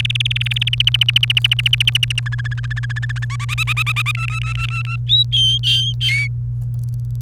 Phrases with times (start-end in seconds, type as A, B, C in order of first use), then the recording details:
0.00-0.69 A, 0.73-2.20 B, 2.26-3.25 C, 3.30-4.11 D, 4.14-4.96 E, 5.07-6.27 F. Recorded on 29 April 2018 at 08:53. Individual llb3